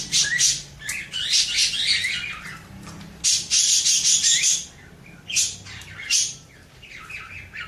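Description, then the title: Birds chirping and chattering together, loud busy bursts of mixed high notes alternating with quieter spells of single calls. "Burung Campur4"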